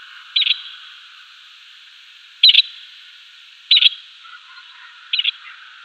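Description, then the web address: Grey partridge display call: four harsh, grating double bursts spaced irregularly, roughly one to two seconds apart, over a steady faint hiss. "Schulze Peter Grey Partridge display"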